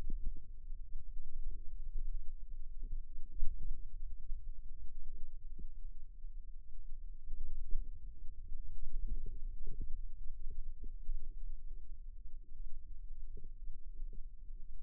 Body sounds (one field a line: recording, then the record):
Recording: forearm muscle sounds (acoustic myography)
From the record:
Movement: inward rotation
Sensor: system 2, bracelet of six BSWA MPA416 microphones around the upper forearm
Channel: 2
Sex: female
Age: 22 years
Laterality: right